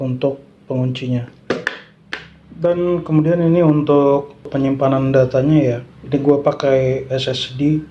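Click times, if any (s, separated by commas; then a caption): 1.7 s. A DDR4 memory module is pressed into the motherboard DIMM slot with both ends pushed at once until the side latches snap closed. Someone talks, with a sharp click at 1.7 s as the module seats, between other brief knocks. The RAM stick is seated with its latches closed.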